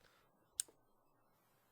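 An RJ45 ethernet cable plug is pushed into a network port to connect an IP camera. A single sharp, bright click sounds at 0.6 s, followed by a softer tick just after, against quiet background. The connector clicks in and is seated.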